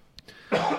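A single short, forceful cough from an adult man bursts out after a brief quiet pause; it is an ordinary isolated cough.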